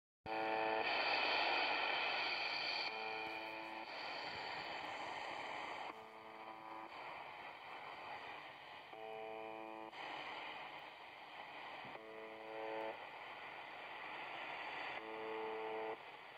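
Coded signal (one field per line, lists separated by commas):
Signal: channel marker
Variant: UVB-76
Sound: short harsh buzzes repeating every few seconds under hissy shortwave static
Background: radio static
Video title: Tecsun PL-310ET UVB-76/The Buzzer 4625Khz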